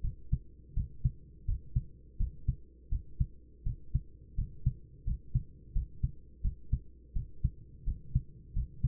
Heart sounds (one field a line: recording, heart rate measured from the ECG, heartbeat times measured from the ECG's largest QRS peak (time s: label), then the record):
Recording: heart sounds by stethoscope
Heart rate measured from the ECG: 85 bpm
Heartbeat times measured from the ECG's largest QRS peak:
0.02 s: heartbeat
0.75 s: heartbeat
1.46 s: heartbeat
2.18 s: heartbeat
2.90 s: heartbeat
3.64 s: heartbeat
4.36 s: heartbeat
5.05 s: heartbeat
5.73 s: heartbeat
6.42 s: heartbeat
7.14 s: heartbeat
7.85 s: heartbeat
8.54 s: heartbeat
From the record:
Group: healthy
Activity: cold pressor test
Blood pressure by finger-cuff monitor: 126/66 mmHg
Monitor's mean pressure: 83 mmHg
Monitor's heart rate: 85 bpm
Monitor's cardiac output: 9 L/min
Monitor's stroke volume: 107 mL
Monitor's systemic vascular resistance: 670 dyn s/cm5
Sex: male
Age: 24 years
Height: 184 cm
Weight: 89 kg